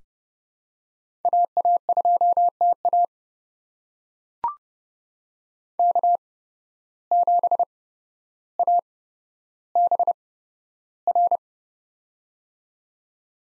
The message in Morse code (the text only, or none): AA2TA K7ABR